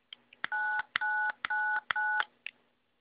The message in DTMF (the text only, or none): 9999